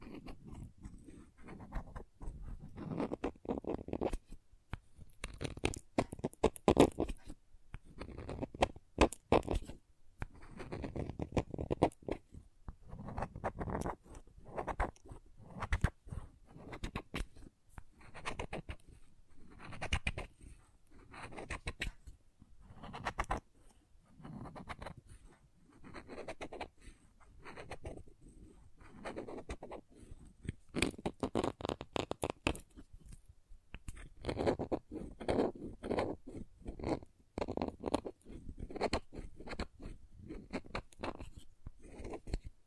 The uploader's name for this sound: Crayons Tapping, Carving, Cutting, Drawing Sounds